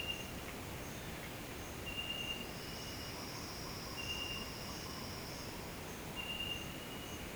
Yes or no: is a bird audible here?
no